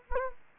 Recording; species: mosquito wingbeat signal from an infrared sensor; Anopheles gambiae